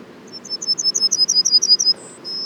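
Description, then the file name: Yellowhammer song: a fast rattle of high, clipped notes, a short higher note, then a long held note to finish. Les Alisiers, 21 July 2020; several yellowhammers. "200721-11-bruants-jaunes-Les-Alisiers"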